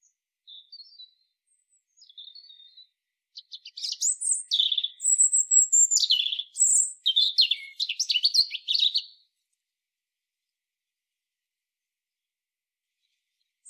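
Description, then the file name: European robin song opening with faint thin notes, then a rich, rapid run of high whistles, slurs and twittering trills lasting several seconds, followed by silence. "Erithacus rubecula"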